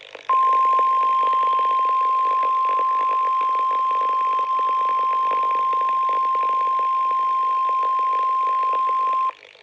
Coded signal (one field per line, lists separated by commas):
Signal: Emergency Alert System (SAME) tones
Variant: 1050 Hz attention tone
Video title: WINTER STORM WARNING EAS ALERT FOR NORTHERN JERSEY!!